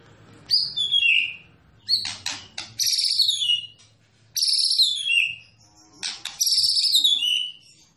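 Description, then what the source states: White-rumped shama song of high notes falling in pitch, mixed with harsh buzzy bursts, phrases separated by short silences. Masteran training recording for songbirds, featuring a champion (juara) bird.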